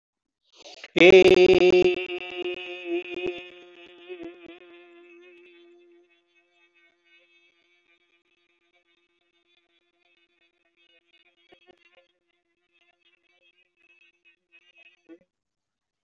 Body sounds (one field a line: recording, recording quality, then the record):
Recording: sustained vowel as in made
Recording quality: moderate, slight background noise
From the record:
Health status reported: respiratory illness, not identified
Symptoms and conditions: breathing difficulty, hypertension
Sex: male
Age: 56 years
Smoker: yes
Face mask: not worn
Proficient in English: yes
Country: India